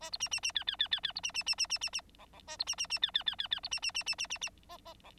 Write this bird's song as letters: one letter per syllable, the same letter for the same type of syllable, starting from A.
A B C C C D D D D D B C C C C C C C E E A B C C C D D D D D B C C C C C C C F F E